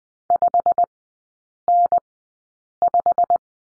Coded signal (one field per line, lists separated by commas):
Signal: Morse code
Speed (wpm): 20 wpm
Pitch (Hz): 700 Hz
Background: none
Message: 5N5